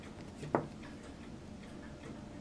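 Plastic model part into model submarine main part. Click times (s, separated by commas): 0.5 s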